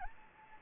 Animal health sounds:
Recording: mosquito wingbeat signal from an infrared sensor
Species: Anopheles gambiae

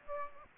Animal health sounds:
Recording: mosquito wingbeat signal from an infrared sensor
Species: Aedes aegypti

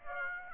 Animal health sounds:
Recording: mosquito wingbeat signal from an infrared sensor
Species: Aedes aegypti

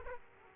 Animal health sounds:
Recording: mosquito wingbeat signal from an infrared sensor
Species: Aedes aegypti

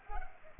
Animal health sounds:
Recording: mosquito wingbeat signal from an infrared sensor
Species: Culex pipiens

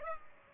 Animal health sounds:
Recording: mosquito wingbeat signal from an infrared sensor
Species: Culex pipiens

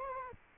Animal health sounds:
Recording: mosquito wingbeat signal from an infrared sensor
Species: Anopheles arabiensis

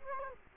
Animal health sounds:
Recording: mosquito wingbeat signal from an infrared sensor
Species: Culex quinquefasciatus

